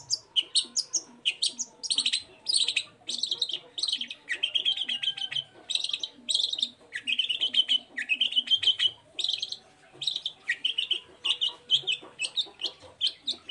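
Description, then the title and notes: Long-tailed shrike song: continuous dense mix of chirps, buzzy notes and rising whistles, with a faint background hum. Morning singing with varied "toet toet" notes, used as a lure to provoke other long-tailed shrikes into answering. "Cendet Gacor Dor Di Kala Pagi Toet Toet Variasi Suara. Pancingan Emosi Cendet Gacor Full Variasi Toet Toet Bikin Nyaut Cendet Lain Langsung Ikutan Bunyi. Burung cendet"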